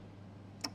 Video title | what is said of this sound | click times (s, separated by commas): UCT (Universal Cutting Tool) Explained - JWEI JCUT | pin up by just twisting it round until it clicks into place, just like that. | 0.7 s